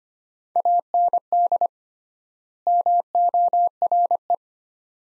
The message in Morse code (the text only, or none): AND MORE